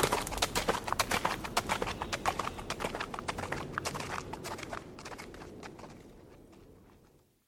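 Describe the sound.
Horse trotting on gravel, crunchy hoof strikes in a steady, quick rhythm that fade gradually into silence over the last few seconds.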